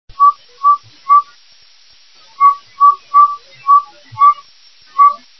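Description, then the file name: Northern saw-whet owl calling: short, clear whistled toots on one steady pitch, with a brief pause partway through; otherwise quiet. "aegolius acadicus"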